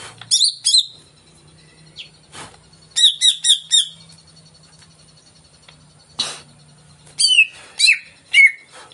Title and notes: Pancingan CUCAK IJO Mau Di Gantang. Cucak Ijo Gacor